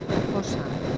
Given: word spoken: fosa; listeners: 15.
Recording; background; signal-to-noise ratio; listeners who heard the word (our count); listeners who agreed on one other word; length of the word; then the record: one Spanish word in noise, from a listening test; noise modulated by three-talker babble; -4.9 dB; 0 of 15; 11 of 15; 0.57 s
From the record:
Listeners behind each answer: 11, 1, 1, 1, 1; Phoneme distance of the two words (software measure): 10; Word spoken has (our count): 2 syllables, 4 phonemes, stress on syllable 1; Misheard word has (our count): 2 syllables, 4 phonemes, stress on syllable 1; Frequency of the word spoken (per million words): 5.15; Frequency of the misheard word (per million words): 237.72